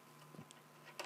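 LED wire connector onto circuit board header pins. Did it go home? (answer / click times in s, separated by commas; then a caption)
yes / 1.0 s. A small three-pin (two-pin plus one-pin) wire connector for the target light LED of a Technics SL-1210 Mk2 turntable is pushed gently onto its header pins on the circuit board during a blue LED mod. After faint low handling noise and a tiny tick at 0.5 s, a sharp, bright click at 1.0 s marks the connector seating onto the pins.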